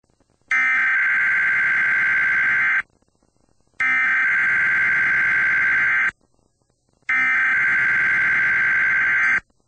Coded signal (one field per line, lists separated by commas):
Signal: Emergency Alert System (SAME) tones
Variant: header bursts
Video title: EAS: Justin Bieber Mutant Warning